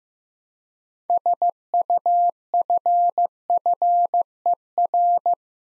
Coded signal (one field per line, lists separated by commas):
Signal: Morse code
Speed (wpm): 15 wpm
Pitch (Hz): 700 Hz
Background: none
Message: SUFFER